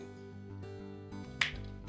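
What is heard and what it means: A new plastic end cap is slid onto the end of a Whirlpool refrigerator door shelf retainer bar over steady background music. A single sharp snap at 1.4 s marks the end cap seating in place on the bar.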